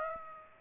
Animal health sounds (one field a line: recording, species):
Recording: mosquito wingbeat signal from an infrared sensor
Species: Aedes aegypti